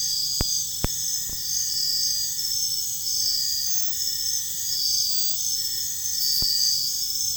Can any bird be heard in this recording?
no